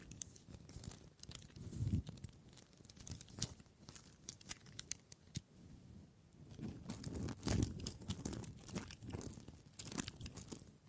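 Wood being tapped, scratched and handled, with dense, irregular crackling and crunching clicks throughout. Low knocks and rubbing thicken around 2 seconds and again near 7–8 seconds, while sharp bright snaps come every fraction of a second, quieter between 3 and 6 seconds.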